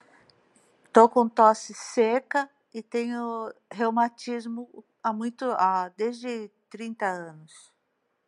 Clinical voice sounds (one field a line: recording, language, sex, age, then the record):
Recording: short text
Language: Brazilian Portuguese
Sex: female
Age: 60 to 69 years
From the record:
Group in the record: control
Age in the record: 60 years